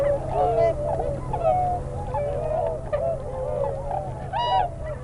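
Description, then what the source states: Tundra swan calls: mellow honking notes from several birds, about one a second, with a sharper high yelp near the end. Nominate subspecies Cygnus columbianus columbianus.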